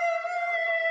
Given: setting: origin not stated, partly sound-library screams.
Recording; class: one-second piece from a danger detection set; woman in danger